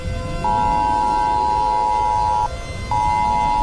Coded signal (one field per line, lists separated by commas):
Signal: Emergency Alert System (SAME) tones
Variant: 853 and 960 Hz attention tone